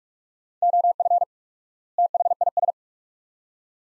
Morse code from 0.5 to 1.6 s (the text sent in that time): OF